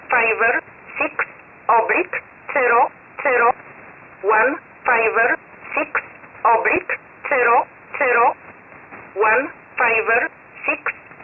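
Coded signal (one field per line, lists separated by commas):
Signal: numbers station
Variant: E11 Oblique, English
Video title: 01 06 2021 Number station E11 Oblique in English to Eu 0845 on 12153 unknown tx site in USB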